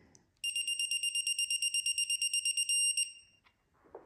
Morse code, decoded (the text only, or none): none